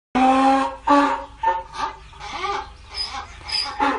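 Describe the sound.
Donkey braying: a loud harsh opening blast, then a series of weaker wheezy see-sawing breaths.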